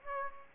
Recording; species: mosquito wingbeat signal from an infrared sensor; Aedes aegypti